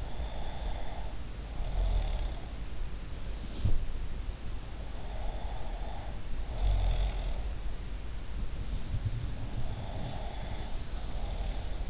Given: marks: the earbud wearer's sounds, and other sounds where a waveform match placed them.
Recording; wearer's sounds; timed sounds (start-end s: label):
sounds in sleep by an in-ear microphone; snoring breath
0.00-2.70 s: snoring breath
3.45-3.87 s: sound from someone else or the room
5.07-7.52 s: snoring breath
9.51-11.90 s: snoring breath